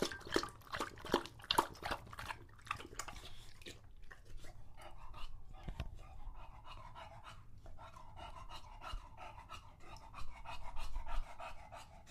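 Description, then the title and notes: English Bulldog lapping water with wet splashy slurps at first, then settling into fast panting breaths. Male English Bulldog named Lucho drinking water from a bowl after a long walk, breathing heavily and out of breath between drinks. "English Bulldog Drinks from Water Bowl. listen to Lucho the English Bulldog as he tries to drink water after a long walk. Don't let his heavy breathing fool you in between drinks, he's equally out of breath from the walk"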